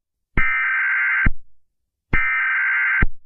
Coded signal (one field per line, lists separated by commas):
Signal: Emergency Alert System (SAME) tones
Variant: header bursts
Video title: Rating EAS Alarms 66 (j alert chain)